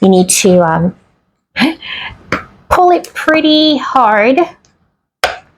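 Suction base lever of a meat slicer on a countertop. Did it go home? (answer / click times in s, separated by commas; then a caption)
partly / 5.2 s. Someone talks while the lever of a meat slicer's suction base on a smooth countertop is pulled hard. A sharp click sounds at 5.2 s, the first of two clicks needed, so the base is not yet fully locked.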